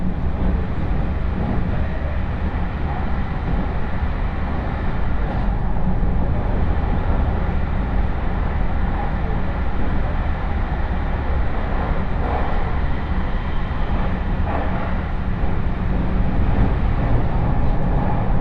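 A ride aboard a Chuo West Line train, recorded from inside the car. A steady, dense rumble with a deep low roar holds at an even level throughout, and faint clacks from the rails surface now and then, around five, twelve and fifteen seconds.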